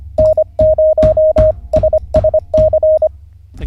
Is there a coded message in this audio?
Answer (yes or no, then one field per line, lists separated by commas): yes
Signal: Morse code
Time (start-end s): 0.2-3.1 s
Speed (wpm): 25 wpm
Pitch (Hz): 620 Hz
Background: none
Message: N0SSC